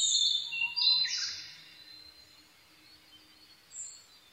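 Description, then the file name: Blue-and-white flycatcher: songbird phrase of bright, high whistles with a rough buzzy ending, then quiet with a faint high note near the end. 22 May 2011 at 04:34. "ooruri-20110522-0434"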